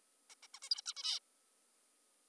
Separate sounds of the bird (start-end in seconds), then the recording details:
0.30-0.35, 0.43-0.47, 0.54-0.59, 0.62-0.69, 0.71-0.82, 0.86-0.94, 0.97-1.20. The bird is an adult. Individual g19o3U